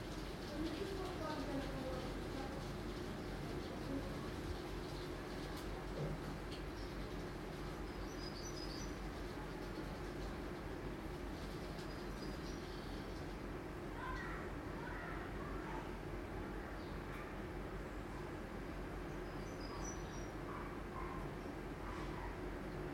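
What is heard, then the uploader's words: Indoor sounds heard from within a building, set against a steady low rumble like machinery or an appliance running throughout. Faint high chirps, possibly birds, come and go around the middle and later, with light clatter and activity in the background. Sonidos desde el interior de los edificios. Sounds from inside the buildings.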